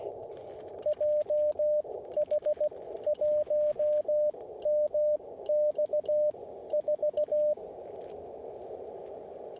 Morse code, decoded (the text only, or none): JH1MX4